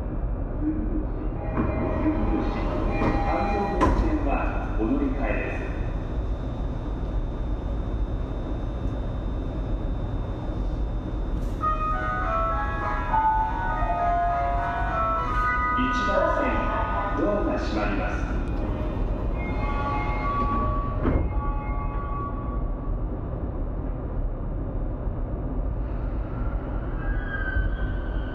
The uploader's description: catches the train home in Tokyo